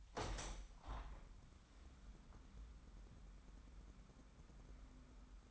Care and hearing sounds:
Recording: daily activity, microphone in the room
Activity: open window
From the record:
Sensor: 3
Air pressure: 997.9 hPa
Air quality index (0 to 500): 135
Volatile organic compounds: 4 ppm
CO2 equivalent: 1613 ppm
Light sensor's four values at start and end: 14/42/17/15 and 14/42/17/16

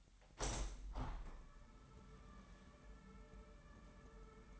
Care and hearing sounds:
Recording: daily activity, microphone in the room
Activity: open window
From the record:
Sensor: 3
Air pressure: 998.5 hPa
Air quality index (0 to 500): 136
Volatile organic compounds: 4 ppm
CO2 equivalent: 1634 ppm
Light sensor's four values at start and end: 8/20/8/9 and 8/20/8/9

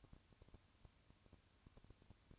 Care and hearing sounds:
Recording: daily activity, microphone in the room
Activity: no activity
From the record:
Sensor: 2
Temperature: 20.3 degrees Celsius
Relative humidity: 35.6%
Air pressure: 1001.0 hPa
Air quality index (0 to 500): 197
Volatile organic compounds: 5 ppm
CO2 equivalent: 1736 ppm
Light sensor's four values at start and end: 2/3/2/2 and 2/3/2/2

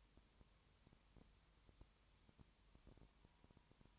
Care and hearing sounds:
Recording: daily activity, microphone in the room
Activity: no activity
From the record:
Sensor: 3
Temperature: 21.1 degrees Celsius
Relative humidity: 37.0%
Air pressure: 1010.6 hPa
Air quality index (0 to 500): 204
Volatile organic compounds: 31 ppm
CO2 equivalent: 2980 ppm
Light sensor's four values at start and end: 2/3/2/2 and 2/3/2/2

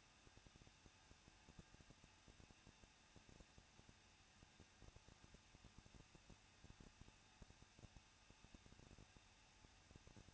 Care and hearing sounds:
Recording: daily activity, microphone in the room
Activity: no activity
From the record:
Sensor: 2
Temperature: 21.0 degrees Celsius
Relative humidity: 37.3%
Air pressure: 1006.2 hPa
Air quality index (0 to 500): 221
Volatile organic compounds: 24 ppm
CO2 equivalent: 2800 ppm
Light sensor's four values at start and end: 2/3/2/2 and 2/3/2/2

